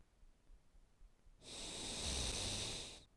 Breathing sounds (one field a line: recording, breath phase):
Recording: one breath near a microphone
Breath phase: exhalation